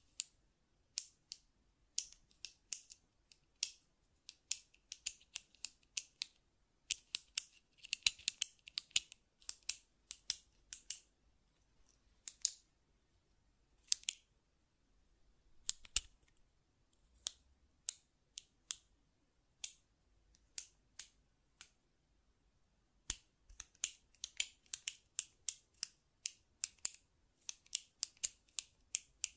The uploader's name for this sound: Button Clicking and Tapping Sounds